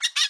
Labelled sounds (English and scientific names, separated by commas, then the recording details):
Brown-throated Parakeet (Eupsittula pertinax) contact call
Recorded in Bonaire
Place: 1 km E of roosting area just N of Seru Largu
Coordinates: 12.199, -68.268